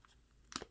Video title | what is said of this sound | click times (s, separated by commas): Samsung S21 Ultra 5G TOP Must Have Accessories | Snaps right in, really easy. | 0.6 s